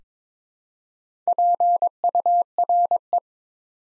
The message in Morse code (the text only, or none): PURE